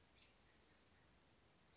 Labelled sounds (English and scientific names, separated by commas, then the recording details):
American Robin (Turdus migratorius)
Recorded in Sonoma County, California